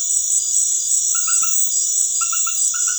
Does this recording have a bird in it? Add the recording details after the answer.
no. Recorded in dense forest near Puerto Asís, Putumayo, Colombia, on 21 February 2024 at 20:00. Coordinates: 0.505, -76.324. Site G6467